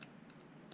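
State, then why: Not seated. Plastic fuel tank parts are handled against the bottom of a model kit wing pack, with faint low background noise and brief sharp ticks at 0.0 s and 0.7 s. Nothing has seated or clicked into place yet.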